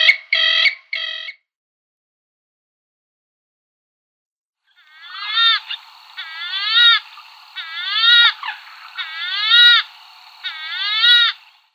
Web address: Purple Swamphen calls